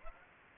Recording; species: mosquito wingbeat signal from an infrared sensor; Aedes aegypti